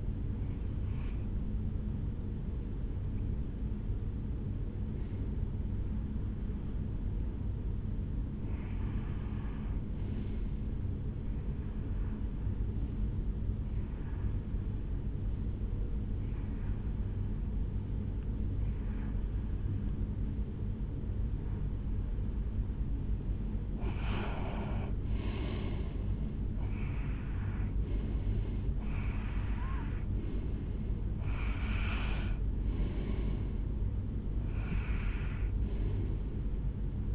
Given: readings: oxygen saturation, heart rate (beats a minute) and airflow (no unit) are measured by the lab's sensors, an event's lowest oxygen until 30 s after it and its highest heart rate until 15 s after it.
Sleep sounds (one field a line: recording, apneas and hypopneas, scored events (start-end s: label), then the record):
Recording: breathing in sleep by a smartphone at the bedside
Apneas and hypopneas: 1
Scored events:
4.00-22.00 s: hypopnea (N1, oxygen 96% highest, then 90% lowest, heart rate 67 at the start, 75 highest)
31.00-37.15 s: new sleep stage, N2 (light sleep)
From the record:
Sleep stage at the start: N1 (lightest sleep)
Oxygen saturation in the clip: 91 to 96%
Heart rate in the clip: 67 to 75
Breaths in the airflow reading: 14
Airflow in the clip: -7.8 to 5.8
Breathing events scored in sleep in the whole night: 449 in 7.0 hours asleep